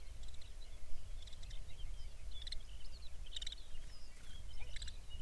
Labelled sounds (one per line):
songbird